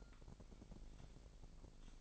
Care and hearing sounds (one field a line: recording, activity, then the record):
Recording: daily activity, microphone in the room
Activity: take from stove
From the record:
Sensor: 5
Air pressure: 999.4 hPa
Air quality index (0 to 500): 222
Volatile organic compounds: 21 ppm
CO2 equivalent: 2715 ppm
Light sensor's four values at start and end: 30/68/28/27 and 32/73/30/29